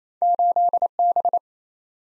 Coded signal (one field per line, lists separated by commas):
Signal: Morse code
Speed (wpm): 28 wpm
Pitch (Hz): 700 Hz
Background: none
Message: 8B